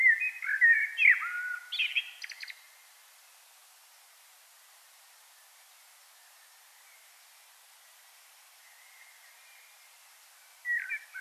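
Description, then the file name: Common blackbird song: one mellow warbled phrase ending in a scratchy twitter, then a long quiet gap before another phrase begins at the very end. "Turdus merula"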